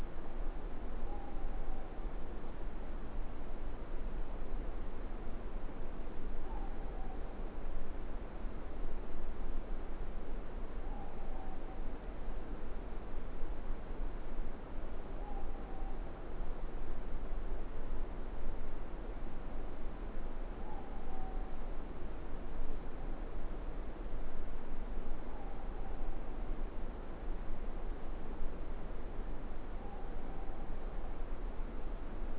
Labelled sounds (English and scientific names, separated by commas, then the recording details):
Morepork (Ninox novaeseelandiae) more-pork call
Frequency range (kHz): Morepork (Ninox novaeseelandiae) 0.6-1.0 kHz
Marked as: faintness 4/5, faintness 5/5
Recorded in New Zealand
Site Eglinton